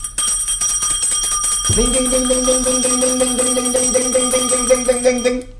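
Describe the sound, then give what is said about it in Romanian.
A small hand bell shaken rapidly and continuously, its bright, high metallic jangle ringing steadily for about five seconds, with a lower sustained tone joining partway through. “Poate că nu sună destul de tare clopoțelul.”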